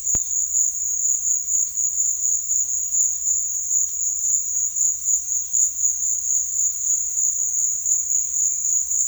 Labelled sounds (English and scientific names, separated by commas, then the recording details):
none
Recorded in secondary vegetation near Puerto Asís, Putumayo, Colombia, on 8 March 2025 at 16:30
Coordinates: 0.499, -76.323
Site G094